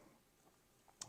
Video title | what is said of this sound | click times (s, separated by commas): DJI Osmo POCKET 3 VS 2. Which is right for you? | let's just pop this on Mi it just goes in clicks right in so there we go | 1.0 s